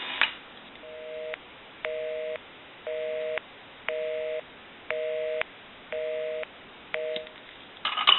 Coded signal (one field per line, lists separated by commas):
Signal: telephone call progress tone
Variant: North America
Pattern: busy tone